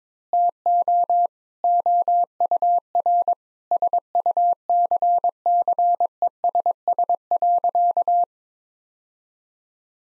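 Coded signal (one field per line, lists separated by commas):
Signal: Morse code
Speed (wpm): 22 wpm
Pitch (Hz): 700 Hz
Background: none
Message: TO OUR SUCCESS.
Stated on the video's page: Morse head-copy practice of sentences at 22 wpm, each sent, then spoken, then sent again.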